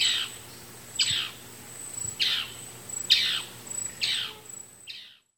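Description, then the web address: White-masked antbird: six downslurred notes spaced about a second apart, the last fainter, with a high insect tone running underneath, ending abruptly. Eastern lowlands of South America, Ecuador. "Natures Songs S America Eastern Lowlands. White-masked Antbird"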